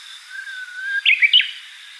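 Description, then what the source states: Japanese bush warbler singing a drawn-out, slightly wavering whistle followed by a rapid flourish of three bright, slurred notes, with light steady hiss behind. On Kamishima island, Mie Prefecture, Japan.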